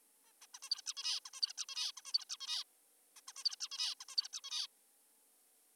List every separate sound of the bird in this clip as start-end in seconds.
0.24-0.33, 0.42-0.46, 0.54-0.59, 0.62-0.69, 0.71-0.82, 0.86-0.94, 0.97-1.20, 1.26-1.30, 1.34-1.41, 1.42-1.53, 1.58-1.65, 1.69-1.92, 1.97-2.02, 2.06-2.13, 2.14-2.25, 2.30-2.37, 2.40-2.64, 3.16-3.21, 3.28-3.32, 3.36-3.44, 3.45-3.56, 3.60-3.68, 3.72-3.94, 4.00-4.05, 4.09-4.16, 4.18-4.28, 4.33-4.40, 4.44-4.67